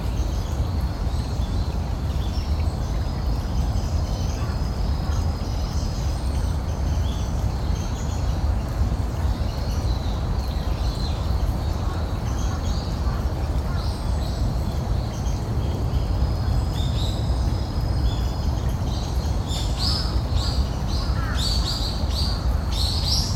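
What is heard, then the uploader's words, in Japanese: Birds sing in a park in the morning over a steady rush of flowing water, like a stream or small waterfall, that fills the low and middle range without pause. Thin, high chirps come and go throughout, growing busier and brighter after about eighteen seconds. 公園の朝散歩より。鳥たちのこえ。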